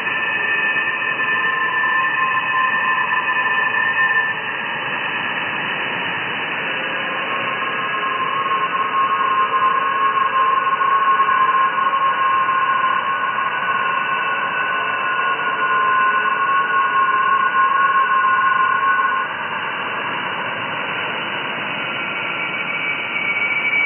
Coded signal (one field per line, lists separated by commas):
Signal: FT8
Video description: Receiving and decoding FT8 QSOs over 20-meter band (14,074 KHz), with the new SDRplay RSPdx software defined radio (SDR) at Mexico City.